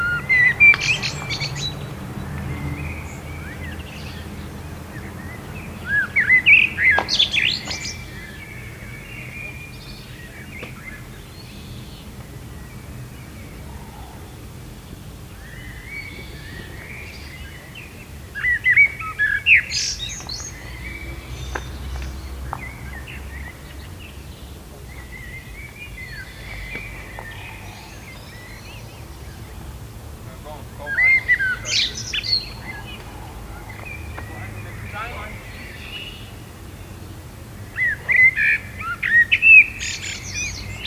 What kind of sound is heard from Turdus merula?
song